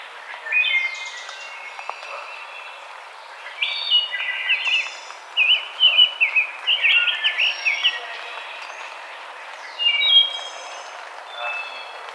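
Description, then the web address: Rose-breasted grosbeak song: scattered notes building into a rapid warbling phrase of sweet whistles around six to eight seconds, then a shorter burst, with other birds calling thinly. Recorded 5 May 2007. "Rose-breasted Grosbeak 2007 05 05 Rose-breasted Grosbeak"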